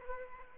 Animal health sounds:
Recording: mosquito wingbeat signal from an infrared sensor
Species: Aedes aegypti

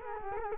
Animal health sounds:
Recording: mosquito wingbeat signal from an infrared sensor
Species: Culex quinquefasciatus

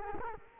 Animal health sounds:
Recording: mosquito wingbeat signal from an infrared sensor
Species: Culex quinquefasciatus

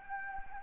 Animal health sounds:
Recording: mosquito wingbeat signal from an infrared sensor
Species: Anopheles gambiae

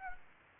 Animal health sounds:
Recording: mosquito wingbeat signal from an infrared sensor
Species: Aedes aegypti

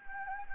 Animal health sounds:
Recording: mosquito wingbeat signal from an infrared sensor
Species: Anopheles gambiae

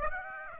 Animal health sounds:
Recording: mosquito wingbeat signal from an infrared sensor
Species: Aedes aegypti

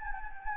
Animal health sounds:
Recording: mosquito wingbeat signal from an infrared sensor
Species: Anopheles gambiae

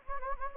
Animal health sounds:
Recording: mosquito wingbeat signal from an infrared sensor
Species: Anopheles gambiae

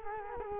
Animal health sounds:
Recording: mosquito wingbeat signal from an infrared sensor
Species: Culex quinquefasciatus

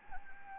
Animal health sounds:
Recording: mosquito wingbeat signal from an infrared sensor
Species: Anopheles gambiae

